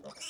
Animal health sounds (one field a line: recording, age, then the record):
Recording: pig call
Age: piglet (1 to 25 days)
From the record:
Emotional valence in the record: negative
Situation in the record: short isolation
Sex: male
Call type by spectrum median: high-frequency call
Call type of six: mixed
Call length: 0.30 s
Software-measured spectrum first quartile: 1854 Hz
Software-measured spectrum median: 3781 Hz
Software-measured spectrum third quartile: 6655 Hz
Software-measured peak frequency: 2935 Hz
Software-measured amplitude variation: 187 dB a second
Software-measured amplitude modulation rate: 10.0 a second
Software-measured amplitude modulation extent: 18.7 dB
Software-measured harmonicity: 2.8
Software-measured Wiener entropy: -2.62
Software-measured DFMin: 1197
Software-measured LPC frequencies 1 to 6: 590, 1333, 2595, 2971, 5438, 6095 Hz